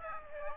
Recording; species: mosquito wingbeat signal from an infrared sensor; Aedes aegypti